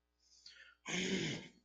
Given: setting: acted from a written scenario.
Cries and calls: vocal sound without words; anger

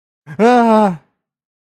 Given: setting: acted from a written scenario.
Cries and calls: vocal sound without words; fear

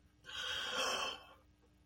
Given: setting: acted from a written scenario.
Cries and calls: vocal sound without words; fear

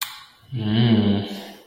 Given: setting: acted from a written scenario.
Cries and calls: vocal sound without words; ecstasy

